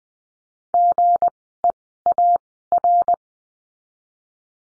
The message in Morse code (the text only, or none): GEAR